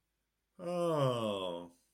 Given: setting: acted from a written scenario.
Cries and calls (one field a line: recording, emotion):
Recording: vocal sound without words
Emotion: realization